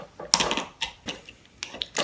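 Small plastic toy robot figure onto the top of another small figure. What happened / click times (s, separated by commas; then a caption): The plastic figure snapped into place on top / 0.3 s. A small plastic toy robot figure, its legs flipped around to the back, is pushed onto the top of another small figure and snaps into place with a sharp click at 0.3 s. Handling noise and smaller plastic clicks and rattles follow, and the figure is seated.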